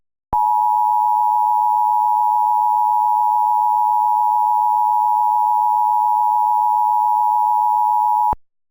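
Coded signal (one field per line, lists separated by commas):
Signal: Emergency Alert System (SAME) tones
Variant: 853 and 960 Hz attention tone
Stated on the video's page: Re-creation of a Tornado Warning issued by the National Weather Service in Elko, Nevada.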